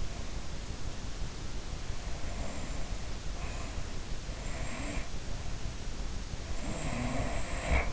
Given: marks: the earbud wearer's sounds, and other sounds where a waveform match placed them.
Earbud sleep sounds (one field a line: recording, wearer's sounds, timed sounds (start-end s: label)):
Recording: sounds in sleep by an in-ear microphone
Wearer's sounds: breath, snoring breath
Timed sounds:
0.00-1.28 s: breath
1.90-3.89 s: breath
4.27-5.71 s: breath
6.47-7.93 s: snoring breath